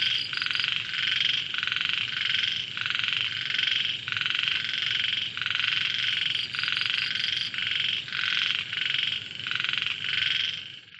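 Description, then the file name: Frog chorus of many rasping, buzzy croaks, swelling and fading in steady bursts. Recorded in Vietnam. "frogs very distant faint dog vietnam"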